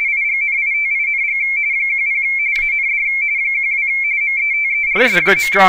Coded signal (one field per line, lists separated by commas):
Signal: RTTY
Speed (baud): 45.45 baud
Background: speech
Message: IGNITING 10 AND 12 METERS.